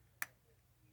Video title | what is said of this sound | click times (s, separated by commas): Dead rabbit RTA! Wicking correctly | you kind of rock it back and forth hear that click and then | 0.2 s